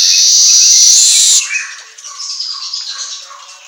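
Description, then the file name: Asian golden weaver song: a loud, steady sizzling buzz for over a second, then softer scratchy chattering notes that rise and fall. Auto gacor recording for training songbirds. "Suara Kicau Manyar Kepala Emas Auto Gacor"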